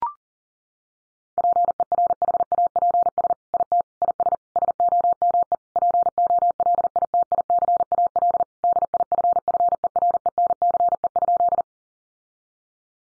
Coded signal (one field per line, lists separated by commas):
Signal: Morse code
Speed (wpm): 40 wpm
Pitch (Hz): 700 Hz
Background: none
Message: PERHAPS IT IS SOME POLITICAL DIFFERENCE?